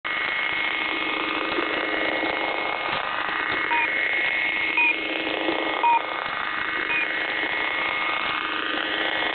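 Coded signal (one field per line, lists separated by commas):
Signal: channel marker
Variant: One Beep, Two Beeps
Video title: [One Beep, Two Beeps] Beeping Stop & Switching to STANAG 4285; 2. August 2020, 15:50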